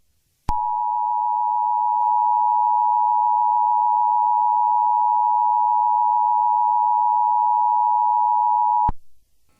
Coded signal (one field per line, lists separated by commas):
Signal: Emergency Alert System (SAME) tones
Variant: 853 and 960 Hz attention tone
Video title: EAS Scenario #1 Beetlejuice